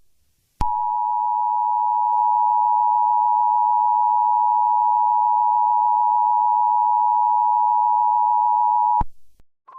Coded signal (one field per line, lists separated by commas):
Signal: Emergency Alert System (SAME) tones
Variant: 853 and 960 Hz attention tone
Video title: An EAS Scenario: FnF Werewolfs Vs Rexy 2 (PREVIEW)